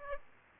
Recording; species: mosquito wingbeat signal from an infrared sensor; Aedes aegypti